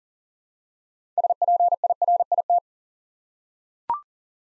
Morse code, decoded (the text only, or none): SPIRIT